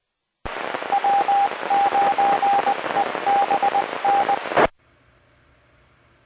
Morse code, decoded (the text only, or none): W9EBN